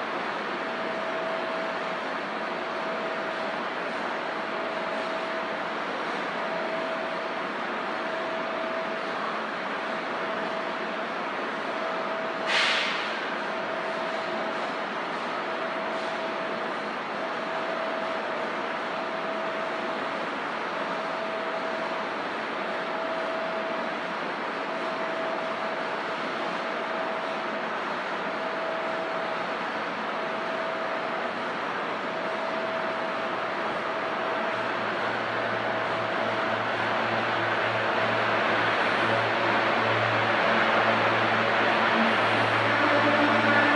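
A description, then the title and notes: A train platform at Suburban Station, 15th Street and JFK Boulevard, filled with a steady, dense rumble and hiss with a faint tone running through it. A sharp click or clank sounds near 13 seconds. From about 35 seconds a deeper hum swells and the noise grows louder toward the end. Suburban Station train platform, 15th Street and JFK Boulevard.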